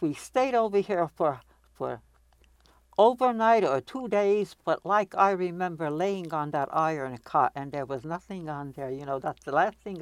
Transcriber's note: none